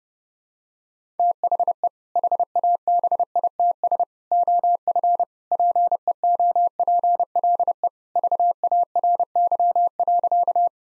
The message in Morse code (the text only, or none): THE HABITS OF PEOPLE VARY.